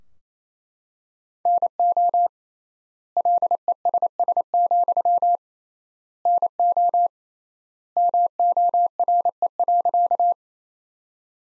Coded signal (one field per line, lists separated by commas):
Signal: Morse code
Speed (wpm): 28 wpm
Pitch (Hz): 700 Hz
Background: none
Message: NO LESS, NO MORE.